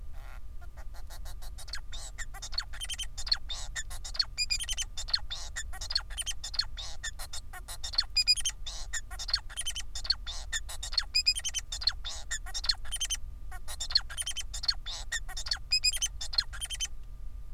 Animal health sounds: song of a male Bengalese finch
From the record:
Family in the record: son of father 4

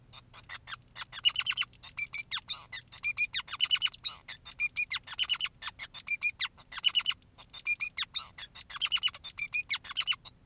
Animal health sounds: song of a male Bengalese finch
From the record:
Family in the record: son of father 2, and himself father 5

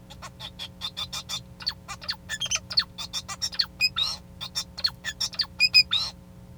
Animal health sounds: song of a male Bengalese finch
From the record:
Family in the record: son of father 2

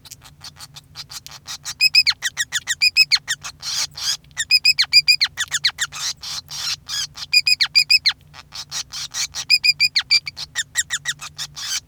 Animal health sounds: song of a male Bengalese finch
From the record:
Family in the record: son of father 5

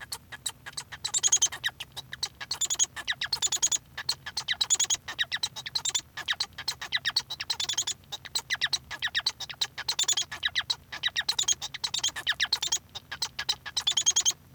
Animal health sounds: song of a male Bengalese finch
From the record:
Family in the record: son of father 1

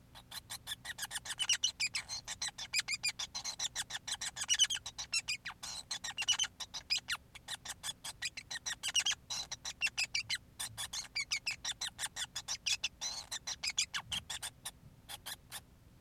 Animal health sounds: song of a male Bengalese finch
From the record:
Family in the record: son of father 5

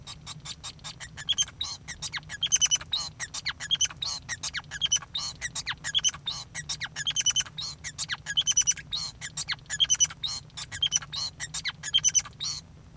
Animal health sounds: song of a male Bengalese finch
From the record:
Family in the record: son of father 5

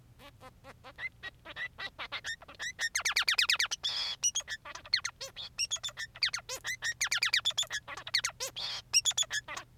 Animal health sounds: song of a male Bengalese finch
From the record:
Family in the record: son of father 3

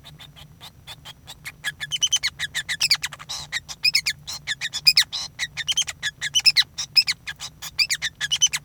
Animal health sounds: song of a male Bengalese finch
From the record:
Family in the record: son of father 5

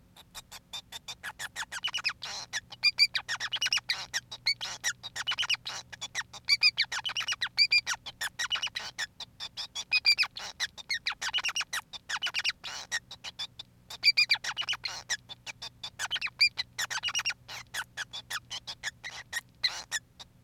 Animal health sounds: song of a male Bengalese finch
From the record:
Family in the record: son of father 5

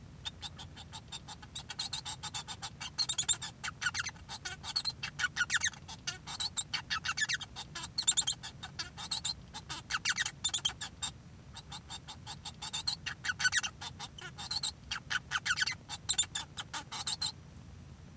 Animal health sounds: song of a male Bengalese finch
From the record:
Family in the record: son of father 1

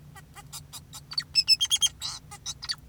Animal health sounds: song of a male Bengalese finch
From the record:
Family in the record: son of father 2, and himself father 4

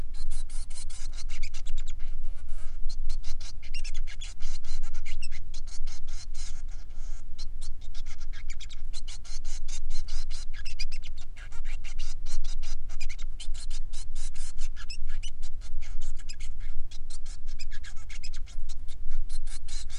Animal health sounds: song of a male Bengalese finch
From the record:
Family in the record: son of father 3

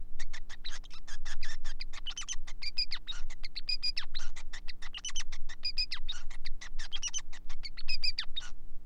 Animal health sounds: song of a male Bengalese finch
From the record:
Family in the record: son of father 5

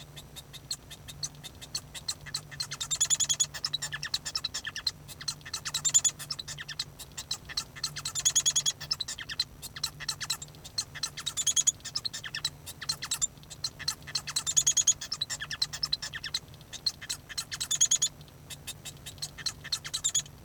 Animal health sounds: song of a male Bengalese finch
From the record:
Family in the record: son of father 1

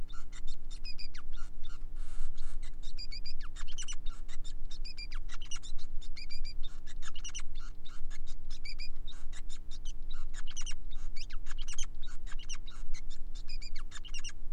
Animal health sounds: song of a male Bengalese finch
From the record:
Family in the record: son of father 5

